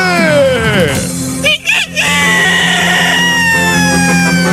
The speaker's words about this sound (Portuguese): Sai, galo, velho.